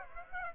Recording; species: mosquito wingbeat signal from an infrared sensor; Aedes aegypti